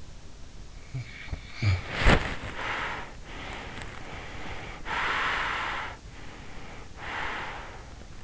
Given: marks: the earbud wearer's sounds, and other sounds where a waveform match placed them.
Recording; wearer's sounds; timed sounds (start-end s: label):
sounds in sleep by an in-ear microphone; snoring breath, body movement, breath
0.79-3.18 s: snoring breath
2.01-3.75 s: body movement
3.35-6.06 s: breath
6.12-8.14 s: breath